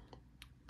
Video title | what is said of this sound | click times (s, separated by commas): Ultimate Captain Rex Review! 2008 - Present | on the back there it just pops right in to Captain Rex's | 0.4 s